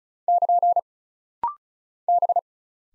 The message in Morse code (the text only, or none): <KN> B